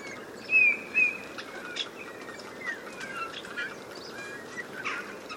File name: Pyrrhula pyrrhula